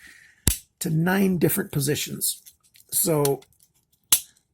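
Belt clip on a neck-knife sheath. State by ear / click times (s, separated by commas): seated / 0.5 s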